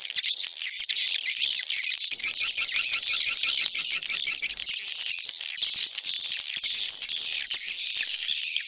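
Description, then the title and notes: Swiftlet chatter, a thick unbroken wash of high twitters with brief whistled notes surfacing near the end. Sound used in swiftlet farming in Asia. "Swiflet Bird Sound. Farming Swiflet Bird asia sound"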